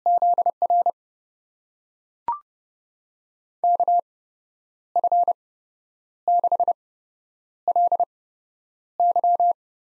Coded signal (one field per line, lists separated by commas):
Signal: Morse code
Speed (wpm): 30 wpm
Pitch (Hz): 700 Hz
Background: none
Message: ZR KF6LY